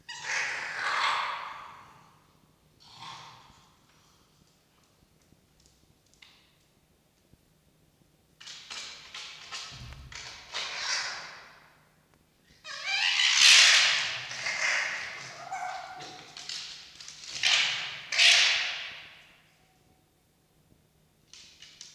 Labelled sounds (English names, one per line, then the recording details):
Red Fox
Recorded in captivity
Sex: pair
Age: adult
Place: Zoologisches Institut der HUB, Berlin, DE
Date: 1953-01-30 19:45
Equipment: Elmetra
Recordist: Tembrock, Günter